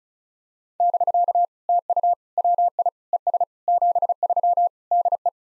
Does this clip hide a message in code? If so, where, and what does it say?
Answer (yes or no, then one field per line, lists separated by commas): yes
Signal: Morse code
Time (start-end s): 0.8-5.3 s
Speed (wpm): 36 wpm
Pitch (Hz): 700 Hz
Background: none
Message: <BK> TU WI ES 73 DE